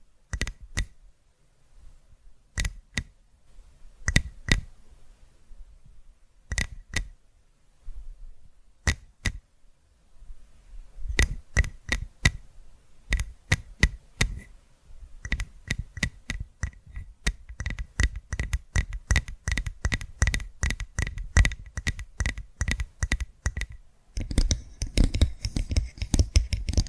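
Crisp tapping, at first in sparse pairs and small clusters with short pauses between them, and a brief silence near ten seconds. After that the taps grow steadily faster and denser, each with a slight bright ring, and near the end they give way to a rough scratching.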